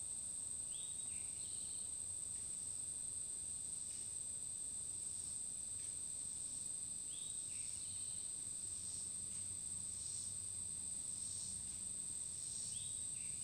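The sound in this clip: Cricket giving a steady, very high continuous ringing trill with faint pulses, while short swooping bird notes sound now and then.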